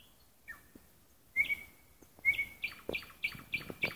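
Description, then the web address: Nightingale song: a falling note, then a long whistle and a series of loud, quick, hard repeated notes. Song heard at night in a park. "nocny park spiew slowika"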